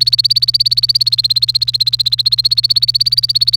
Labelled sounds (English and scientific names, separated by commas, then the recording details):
Domestic Canary (Serinus canaria) song
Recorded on 1 May 2018 at 15:27
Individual llb3